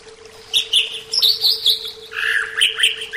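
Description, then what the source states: Greater green leafbird song, a quick run of high whistled notes that drops into lower, rich slurred warbles, with a faint constant hum beneath. Bird training (terapi).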